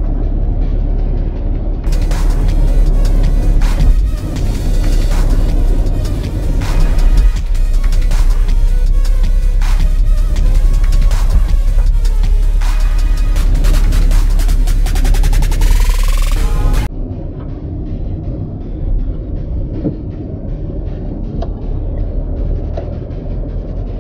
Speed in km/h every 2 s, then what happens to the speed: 29, 29, 27, 26, 27, 27, 27, 29, 26, 26, 19, 21.
0-24 slows to 21.